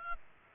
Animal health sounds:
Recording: mosquito wingbeat signal from an infrared sensor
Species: Aedes albopictus

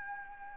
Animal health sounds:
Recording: mosquito wingbeat signal from an infrared sensor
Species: Anopheles arabiensis

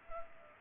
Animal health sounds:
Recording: mosquito wingbeat signal from an infrared sensor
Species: Culex pipiens

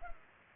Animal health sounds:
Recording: mosquito wingbeat signal from an infrared sensor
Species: Culex pipiens

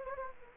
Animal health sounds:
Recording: mosquito wingbeat signal from an infrared sensor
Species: Anopheles gambiae

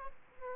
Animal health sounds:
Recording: mosquito wingbeat signal from an infrared sensor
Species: Aedes albopictus

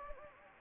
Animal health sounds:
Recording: mosquito wingbeat signal from an infrared sensor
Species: Anopheles gambiae

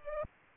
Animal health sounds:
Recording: mosquito wingbeat signal from an infrared sensor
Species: Culex pipiens

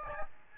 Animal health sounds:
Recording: mosquito wingbeat signal from an infrared sensor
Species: Aedes albopictus

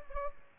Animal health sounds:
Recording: mosquito wingbeat signal from an infrared sensor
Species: Aedes albopictus

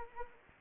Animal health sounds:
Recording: mosquito wingbeat signal from an infrared sensor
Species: Anopheles arabiensis

